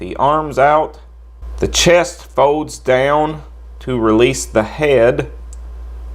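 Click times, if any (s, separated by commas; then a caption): 5.5 s. A plastic chest panel is pushed back into the torso of a 1000toys ROBOX Basic 1/12 scale transforming action figure after the chest was folded down to release the head. Someone talks over the handling, and a single sharp click is heard at 5.5 s as the panel snaps back into place.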